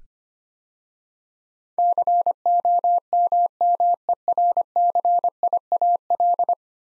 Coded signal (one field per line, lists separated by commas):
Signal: Morse code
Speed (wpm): 25 wpm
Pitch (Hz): 700 Hz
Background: none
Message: COMMERCIAL